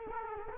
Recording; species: mosquito wingbeat signal from an infrared sensor; Culex quinquefasciatus